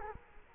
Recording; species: mosquito wingbeat signal from an infrared sensor; Culex quinquefasciatus